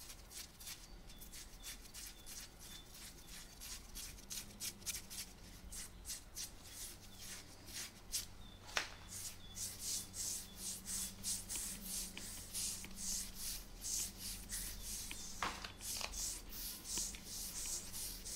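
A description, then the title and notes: Fabric is scratched in quick, regular strokes, a dry rasping rub repeating several times a second across the whole clip and growing slightly denser and brighter toward the end. A sharper click stands out near nine seconds and another around fifteen, over a low steady hum. ASMR - FABRIC SCRATCHING(Jeans shirt skin scratching, belt sounds).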